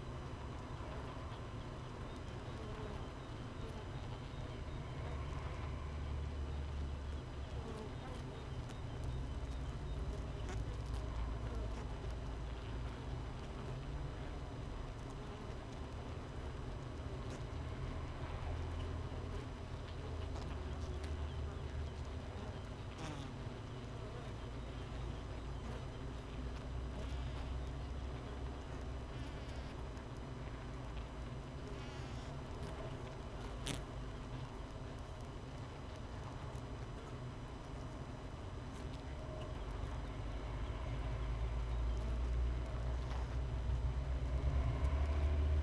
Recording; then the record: honeybee colony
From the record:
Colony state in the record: missing queen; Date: 31 May 2018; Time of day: 5:48